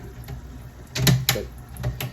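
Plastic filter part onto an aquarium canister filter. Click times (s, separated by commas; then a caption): 1.3 s. A plastic part of a Fluval 207 aquarium canister filter is slid back onto the filter and pushed home, with a few plastic knocks around 1.0 and 1.1 seconds. A sharp click at about 1.3 seconds is heard as the part snaps in at the top, and a further knock follows near 2.0 seconds. The part is seated.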